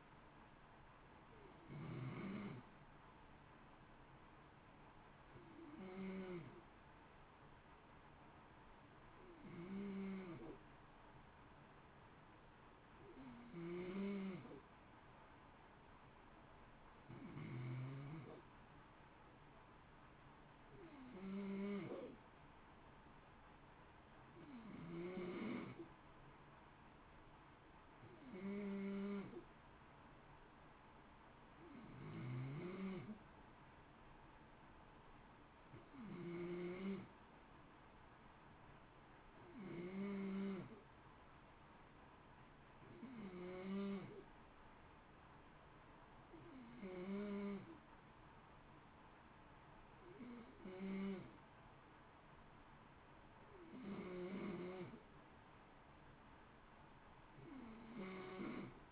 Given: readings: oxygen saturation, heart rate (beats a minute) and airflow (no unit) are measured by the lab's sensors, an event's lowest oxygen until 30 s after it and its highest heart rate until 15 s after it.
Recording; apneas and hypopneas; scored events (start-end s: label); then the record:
breathing in sleep by a voice recorder at the bedside; none
none scored
From the record:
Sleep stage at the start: N2 (light sleep); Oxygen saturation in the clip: 91 to 93%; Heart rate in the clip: 54 to 59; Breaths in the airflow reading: 21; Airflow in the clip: -0.8 to 0.7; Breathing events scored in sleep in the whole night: 328 in 6.3 hours asleep